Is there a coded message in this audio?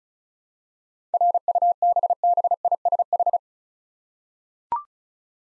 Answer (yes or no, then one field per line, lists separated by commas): yes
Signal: Morse code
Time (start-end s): 1.1-3.4 s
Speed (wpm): 36 wpm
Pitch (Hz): 700 Hz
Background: none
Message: RUBBISH